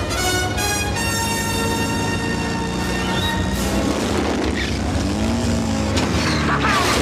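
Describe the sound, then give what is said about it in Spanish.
A motorcycle with a sidecar pulls alongside a truck on a road, both engines roaring together in a loud, unbroken drone, their pitches rising and sliding as they rev, with no voices. “Por el retrovisor ve la moto con sidecar que se coloca a su altura.”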